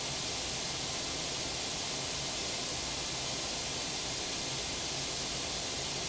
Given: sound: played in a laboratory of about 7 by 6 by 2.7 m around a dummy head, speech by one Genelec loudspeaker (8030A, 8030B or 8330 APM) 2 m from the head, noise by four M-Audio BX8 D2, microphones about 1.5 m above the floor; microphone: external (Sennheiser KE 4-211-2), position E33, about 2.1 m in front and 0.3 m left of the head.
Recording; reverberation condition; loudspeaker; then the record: white noise; low; four, about 170 cm from the corners of the room and facing them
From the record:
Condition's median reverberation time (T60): about 310 ms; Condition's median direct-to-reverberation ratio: about 3.5 dB